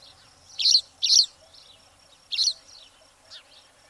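Spanish sparrow with two quick bright chirps, a third after a short pause, then a fainter final note.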